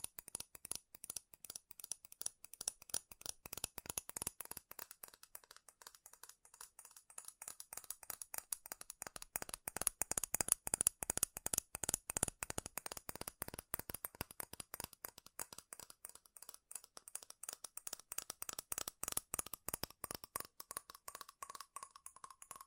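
Fast, furious tapping on metal, a dense stream of sharp bright clicks throughout, briefly thinning near five and seventeen seconds.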